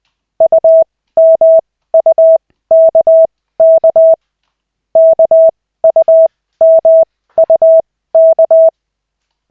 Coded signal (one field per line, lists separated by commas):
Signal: Morse code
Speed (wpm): 20 wpm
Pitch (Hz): 650 Hz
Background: none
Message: UMUKK KUMUK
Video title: Koch 2/40, 13.12.2024, 4th CW practice session